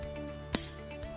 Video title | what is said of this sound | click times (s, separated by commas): Ремонт вирівнювача для волосся Philips | а другий за клацуємо так | 0.6 s